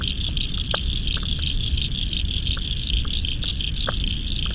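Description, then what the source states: Frogs clicking sporadically in chorus, a few louder knocks standing out, over a constant high trill and low roaring wash. Spring frog chorus at dusk by the South Pacific Ocean, Royal National Park, Australia, November 2015.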